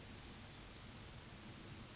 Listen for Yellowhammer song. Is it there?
no